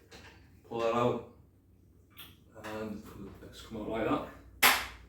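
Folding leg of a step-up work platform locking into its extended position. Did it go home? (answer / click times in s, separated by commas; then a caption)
yes / 4.6 s. Someone talks while pulling out a small red release and pulling the folding leg of a step-up work platform down into its extended position. A sharp, loud click at 4.6 s is the leg locking into place, leaving it secure so it can no longer be moved.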